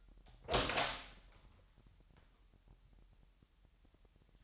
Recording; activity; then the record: daily activity, microphone in the room; open door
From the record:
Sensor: 3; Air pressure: 998.3 hPa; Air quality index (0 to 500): 144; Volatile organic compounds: 5 ppm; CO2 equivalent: 1728 ppm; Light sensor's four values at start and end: 15/45/18/17 and 15/45/18/17